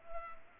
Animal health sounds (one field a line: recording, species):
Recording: mosquito wingbeat signal from an infrared sensor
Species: Culex pipiens